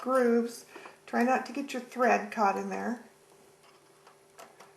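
A snap-on quarter-inch presser foot is lined up on a Pfaff 7550 sewing machine so its two small knobs sit in the grooves of the foot holder while someone talks. Two faint handling ticks follow at about 4.1 and 4.6 seconds. The foot has not snapped in or clicked yet.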